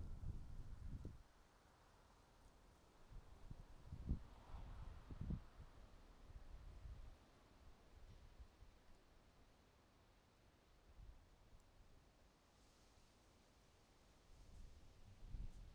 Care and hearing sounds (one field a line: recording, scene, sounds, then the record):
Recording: everyday scene through a hearing-aid microphone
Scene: wind on the microphone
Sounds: wind, traffic, birds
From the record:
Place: suburban garden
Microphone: in the ear canal, right